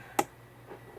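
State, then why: Seated. A side panel of a plastic paper file holder is pushed down into the notch in its frame and snaps into place with a single sharp click at 0.2 s. A faint low hum and a couple of soft rustles follow.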